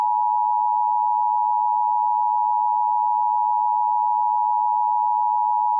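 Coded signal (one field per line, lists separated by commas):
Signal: Emergency Alert System (SAME) tones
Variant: 853 and 960 Hz attention tone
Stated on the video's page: Fictional EAS scenario; the tones are part of a simulated Halloween alert, not a real broadcast.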